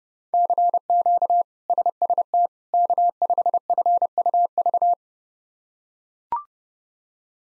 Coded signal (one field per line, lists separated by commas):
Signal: Morse code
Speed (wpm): 30 wpm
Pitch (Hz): 700 Hz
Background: none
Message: CQ SST K5FUV